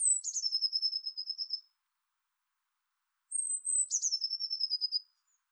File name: Cyanistes caeruleus